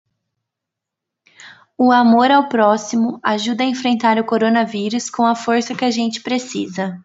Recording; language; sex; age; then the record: spoken sentence; Brazilian Portuguese; female; 20 to 29 years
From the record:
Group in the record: control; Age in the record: 23 years